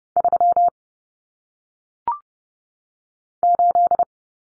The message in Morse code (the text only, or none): 3 8